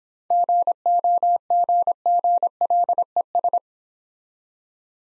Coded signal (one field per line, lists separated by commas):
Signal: Morse code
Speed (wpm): 26 wpm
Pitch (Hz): 700 Hz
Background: none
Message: GOGGLES